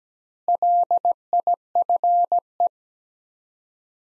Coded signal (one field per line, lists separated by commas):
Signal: Morse code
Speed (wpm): 17 wpm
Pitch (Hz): 700 Hz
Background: none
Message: LIFE